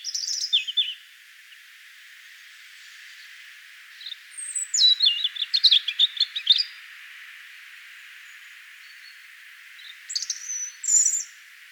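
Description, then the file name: European robin singing in separated bursts: a short high twitter, a pause, then a longer liquid run of quick trilled notes, and later a thin high whistled phrase. "Erithacus rubecula"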